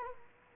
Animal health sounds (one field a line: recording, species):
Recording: mosquito wingbeat signal from an infrared sensor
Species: Culex quinquefasciatus